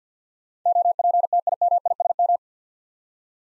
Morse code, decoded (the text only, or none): OPTIMISM